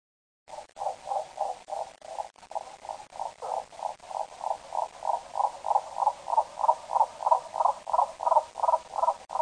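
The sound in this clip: Frog calling in a steady series of short, clipped croaks, about three per second, growing gradually louder throughout against a quiet background.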